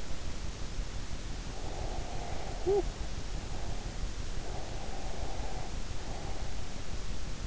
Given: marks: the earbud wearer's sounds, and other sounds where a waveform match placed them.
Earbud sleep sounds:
sounds in sleep by an in-ear microphone; breath, talking in sleep
1.70-4.01 s: breath
2.52-2.86 s: talking in sleep
4.56-6.70 s: breath

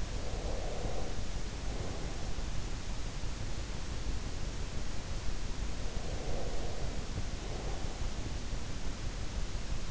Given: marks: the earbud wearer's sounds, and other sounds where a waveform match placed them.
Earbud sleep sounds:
sounds in sleep by an in-ear microphone; snoring breath, breath
0.00-2.45 s: snoring breath
5.82-8.37 s: breath

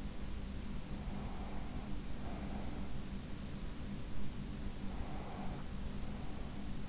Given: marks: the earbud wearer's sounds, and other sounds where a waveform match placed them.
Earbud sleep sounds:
sounds in sleep by an in-ear microphone; breath
1.17-2.77 s: breath
4.86-6.88 s: breath

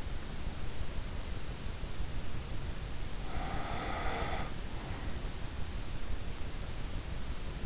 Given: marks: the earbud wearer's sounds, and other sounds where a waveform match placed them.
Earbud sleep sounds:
sounds in sleep by an in-ear microphone; breath
3.16-5.28 s: breath

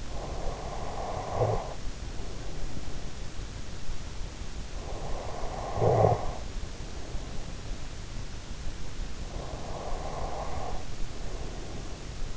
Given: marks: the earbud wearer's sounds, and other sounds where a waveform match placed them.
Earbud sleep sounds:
sounds in sleep by an in-ear microphone; snoring breath, breath
0.00-3.42 s: snoring breath
4.77-7.81 s: snoring breath
9.27-12.37 s: breath

